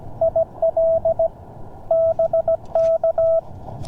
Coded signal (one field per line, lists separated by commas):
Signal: Morse code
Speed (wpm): 17 wpm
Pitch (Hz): 660 Hz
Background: none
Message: IL BK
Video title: MTR-3B V4 First Look! POTA CW QRP Activation & Live QSOs